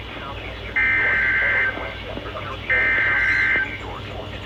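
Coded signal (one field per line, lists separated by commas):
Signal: Emergency Alert System (SAME) tones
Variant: header bursts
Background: speech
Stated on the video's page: Real Severe Thunderstorm Warning received on NOAA Weather Radio transmitter KZZ31.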